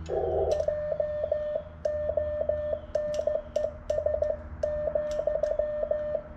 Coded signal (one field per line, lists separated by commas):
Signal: Morse code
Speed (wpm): 15 wpm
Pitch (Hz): 1800 Hz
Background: radio noise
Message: JONES,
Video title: Hustler Antenna RM-20 ~ Tram 5" Magnet Mag Mount Mobile Ham Radio